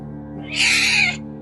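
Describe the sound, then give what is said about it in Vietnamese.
A single harsh, high-pitched cat screech at night bursts out for about half a second, loud and raspy, then cuts off, with a low steady hum beneath it. “Khi chỉ còn khoảng 2 bước, con mèo bỗng thét lên một tiếng rồi quay người biến mất vào cái màn đêm tăm tối.”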